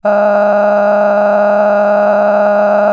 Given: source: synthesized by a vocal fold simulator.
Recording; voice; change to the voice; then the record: sustained vowel; female; cycle-to-cycle stiffness perturbation (roughness), level 9 of 10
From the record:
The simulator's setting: 5.86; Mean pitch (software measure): 206 Hz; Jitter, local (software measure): 2.69%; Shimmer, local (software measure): 16.4%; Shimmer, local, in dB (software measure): 1.44 dB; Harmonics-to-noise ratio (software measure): 11.3 dB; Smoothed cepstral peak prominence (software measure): 14.0 dB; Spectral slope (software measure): -21.7 dB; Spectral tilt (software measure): -11.9 dB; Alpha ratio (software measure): -12.2 dB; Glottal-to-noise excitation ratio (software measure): 0.945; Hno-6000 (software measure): 2.4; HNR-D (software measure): 30.7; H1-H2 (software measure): 7.1 dB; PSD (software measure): 1.2e-04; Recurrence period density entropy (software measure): 0.114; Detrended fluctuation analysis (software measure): 0.0290